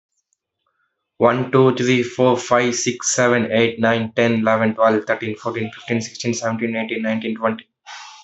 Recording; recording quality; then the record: counting at a fast pace; excellent, no background noise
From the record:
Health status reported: exposed to COVID-19, no respiratory illness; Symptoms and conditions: cough, cold, sore throat, loss of smell and taste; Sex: male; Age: 19 years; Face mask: not worn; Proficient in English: yes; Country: India